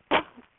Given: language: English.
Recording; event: throat vibration sensor signal played as sound; cough